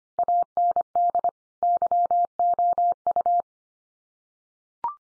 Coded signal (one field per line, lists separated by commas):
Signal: Morse code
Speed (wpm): 25 wpm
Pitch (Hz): 700 Hz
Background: none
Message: AND YOU